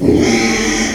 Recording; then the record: squeal of a Yucatan mini pig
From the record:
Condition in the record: after surgery on the right vocal fold (resection and tissue-engineered implant); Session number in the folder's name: 2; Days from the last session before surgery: 13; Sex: male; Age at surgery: 12 weeks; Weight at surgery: 13 kg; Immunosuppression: cyclosporine, prednisolone